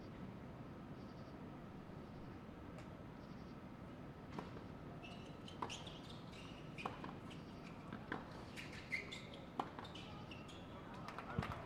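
A steady low rumble, like a train passing, fills the whole twelve seconds beneath a thin chirping layer of crickets. Sharp knocks and brief bright clicks pop up irregularly, growing more frequent after about five seconds, with faint murmuring voices among them.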